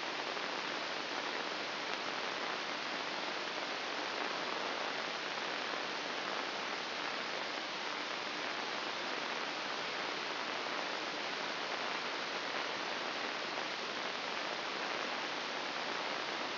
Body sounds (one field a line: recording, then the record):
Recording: brain microelectrode recording played as sound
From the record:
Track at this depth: inside the subthalamic nucleus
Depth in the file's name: 1.007 mm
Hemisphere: right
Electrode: 2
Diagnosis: Parkinson's disease